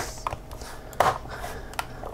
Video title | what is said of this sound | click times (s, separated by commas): Keeping a laptop out of a Landfill. | actually snaps into place and then we'll come back later and put the screws in because | 0.3 s, 1.0 s, 1.8 s